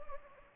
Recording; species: mosquito wingbeat signal from an infrared sensor; Anopheles gambiae